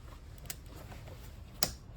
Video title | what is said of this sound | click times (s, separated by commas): 2017 chevy treverse canister purge control valve repair | and you push into clicks and so on and you put this wire | 1.6 s